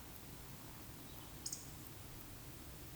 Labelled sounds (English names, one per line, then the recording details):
Eurasian Woodcock whistle
Eurasian Woodcock croak
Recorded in Baden-Württemberg, Germany, on 13 June 2021 at 20:08 UTC
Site 23718, 552 m above sea level